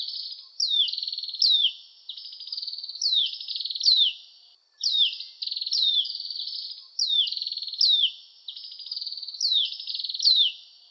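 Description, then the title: Oriental magpie-robin singing a steady series of repeated phrases, each a falling note linked to a buzzy rattling trill. "Kicau Kacer"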